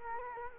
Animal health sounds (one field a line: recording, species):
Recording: mosquito wingbeat signal from an infrared sensor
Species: Culex quinquefasciatus